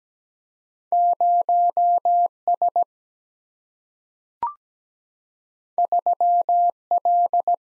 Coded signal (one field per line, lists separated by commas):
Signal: Morse code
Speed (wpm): 17 wpm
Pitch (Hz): 700 Hz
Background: none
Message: 0 S 3 L